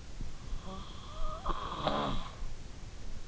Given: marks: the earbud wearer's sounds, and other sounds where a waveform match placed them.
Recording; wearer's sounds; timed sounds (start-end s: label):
sounds in sleep by an in-ear microphone; snoring breath
0.44-3.02 s: snoring breath